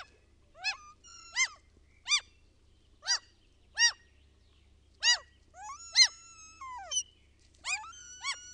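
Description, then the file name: Common gull calls: evenly spaced short, bright yelping notes, then a few longer mewing cries near the end. "KALALOKKI"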